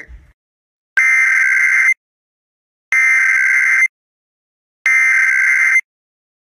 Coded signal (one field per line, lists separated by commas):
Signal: Emergency Alert System (SAME) tones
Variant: header bursts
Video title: Minnesota EAS Alarm (2023)